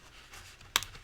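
A cardstock end tab of a paper gift box is pressed into its slot, with faint papery rustling before it. A sharp, bright click at 0.8 s, followed by a smaller tick, marks the tab locking into place and seating.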